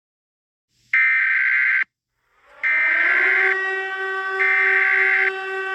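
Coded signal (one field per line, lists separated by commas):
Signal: Emergency Alert System (SAME) tones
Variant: header bursts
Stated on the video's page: Fictional EAS scenario, not a real alert.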